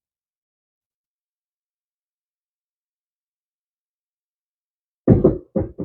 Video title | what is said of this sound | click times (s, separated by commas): How to replace your Car's Air Filter | pops right in like that | 5.6 s